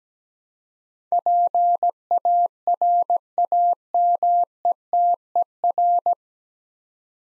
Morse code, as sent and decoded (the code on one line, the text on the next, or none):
.--. .- .-. .- -- . - . .-.
PARAMETER